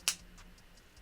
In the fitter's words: it's like really nice like weighty packaging it's got a really satisfying click I love